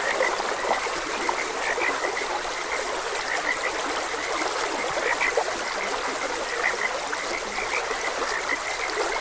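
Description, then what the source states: Frog croaks, brief and high, popping up irregularly against continuous flowing water. Frogs croaking beside a gentle stream.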